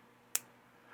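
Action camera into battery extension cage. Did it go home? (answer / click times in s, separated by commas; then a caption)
yes / 0.4 s. An action camera is pushed into a battery extension cage and seats with a single sharp click at 0.4 s. Otherwise only a quiet background is heard, with a faint rise near the end.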